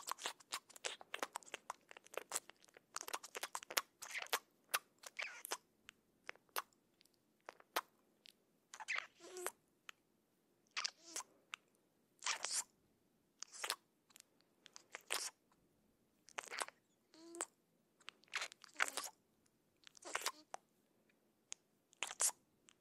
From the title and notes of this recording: BODY ASMR 쫜득쫜득 볼살소리 | cheek sounds.